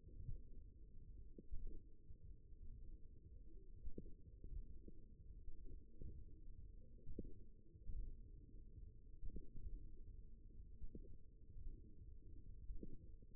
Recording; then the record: forearm muscle sounds (acoustic myography)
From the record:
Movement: tripod grip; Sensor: system 1, eight BSWA MPA416 microphones around the upper forearm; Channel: 3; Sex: male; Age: 54 years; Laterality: right